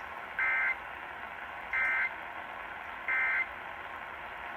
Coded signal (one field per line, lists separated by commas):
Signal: Emergency Alert System (SAME) tones